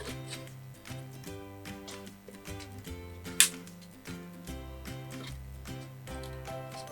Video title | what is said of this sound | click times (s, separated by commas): B16KMとB36KMの紹介と組立て【WPL JAPAN】～リアのトラニオンサス機構がすごい・・・～ | こんな感じですね問題なく取り付けができるかなと思いますこの辺もパチッ | 3.4 s